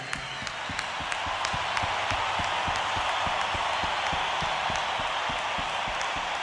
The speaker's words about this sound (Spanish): Vamos a darles un aplauso nosotros a ustedes.